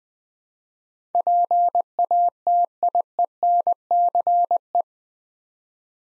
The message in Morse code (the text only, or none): PATIENCE